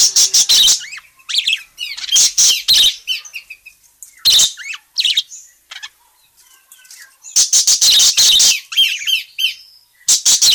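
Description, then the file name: Parakeet calls in clustered bursts of rapid, grating chirps, several per second, with soft twitters and pauses between the clusters. Parakeet described as gacor (very vocal, chatty), calling. "suara burung parkit gacor memanggil"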